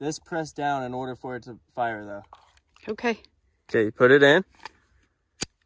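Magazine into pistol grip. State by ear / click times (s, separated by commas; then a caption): seated / 5.4 s. Someone talks while a new shooter pushes a magazine up into the pistol grip. A single sharp click sounds at 5.4 s as the magazine locks in, and it is confirmed that it clicked.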